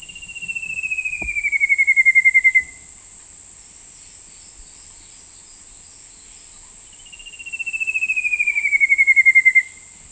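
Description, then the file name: Shining flycatcher call: two rapid pulsed whistled series, each sliding gradually downward over about two and a half seconds, separated by a pause, over a steady high insect drone. Subspecies wardelli. "Myiagra Alecto Wardelli"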